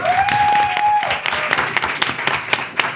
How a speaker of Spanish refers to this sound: Un aplauso para Jorge. Un aplauso.